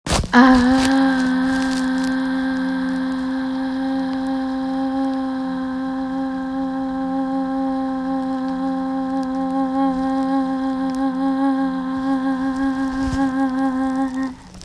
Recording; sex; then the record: sustained vowel /a/; female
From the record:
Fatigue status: no fatigue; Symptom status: asymptomatic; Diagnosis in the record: COVID-19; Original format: m4a